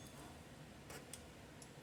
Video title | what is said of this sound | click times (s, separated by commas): 2011 Mercedes GLK 350 X204 M272 Oil Filter / Cooler Housing Gasket Replacement - Comprehensive Video | there's the click | 1.1 s